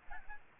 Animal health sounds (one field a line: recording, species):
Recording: mosquito wingbeat signal from an infrared sensor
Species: Aedes albopictus